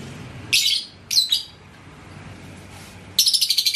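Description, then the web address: Lovebird calls: two short harsh screeches, then a burst of quick rapid chirps at the end. "love-bird suara-lovebird-paud"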